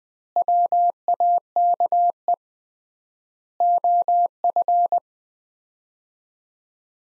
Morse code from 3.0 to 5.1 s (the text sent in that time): OF